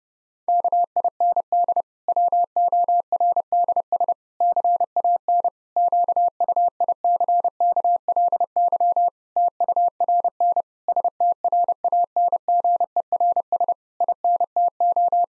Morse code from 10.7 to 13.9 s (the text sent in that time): STRANGERS